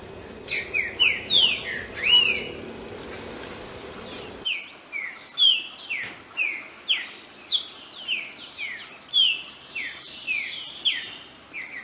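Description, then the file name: Green-winged saltator song: rich whistled notes sliding downward, repeated in quick rapid runs, with an abrupt drop in background noise partway through and faint hiss behind. "canto do trinca ferro verdadeiro"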